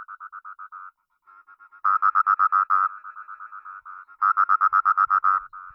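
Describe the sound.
Proceratophrys rotundipalpebra: frog giving fast trains of pulsed notes, softer runs interrupted by two louder bursts of about a second each, with faint low thumps near the end.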